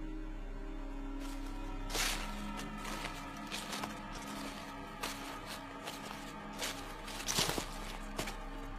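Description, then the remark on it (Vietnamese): Soft, rustling footsteps crunch through dry leaves or brush in an uneven rhythm, about ten scuffing steps over a low steady hum, with no one speaking. “Lúc này mấy người vẫn đang cắm cối thì đột nhiên họ sững lại, bởi vì có tiếng bước chân loạt xoạt vang lên đâu đây.”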